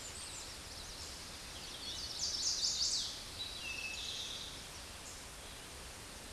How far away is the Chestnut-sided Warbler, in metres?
about 20 m